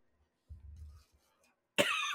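A low, rumbling throat noise lasts about half a second, followed after a pause by one loud, harsh cough burst at the end. This is a single ordinary adult cough in a quiet room.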